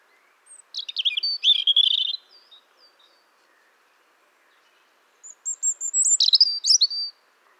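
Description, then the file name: European robin song: a sweet warbled phrase, then a long silence, then a second phrase of high thin whistles breaking into sharp twitters. "Erithacus rubecula"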